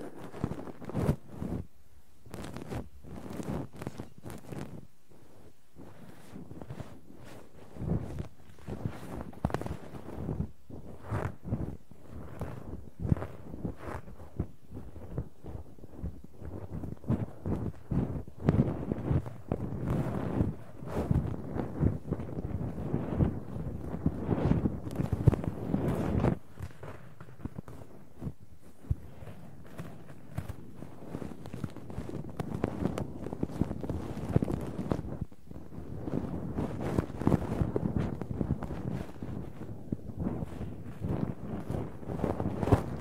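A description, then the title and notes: Layered ear cleaning sounds: dense scratching and rubbing against the microphone, full of quick crackles and taps that never stop for the whole clip. The texture is mostly low and muffled, with sharper bright clicks scattered throughout and a slight swell in the middle. ASMR Layered Ear Cleaning No Talking.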